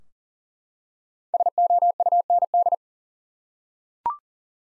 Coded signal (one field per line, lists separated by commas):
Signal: Morse code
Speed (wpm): 40 wpm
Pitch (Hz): 700 Hz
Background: none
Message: SOUND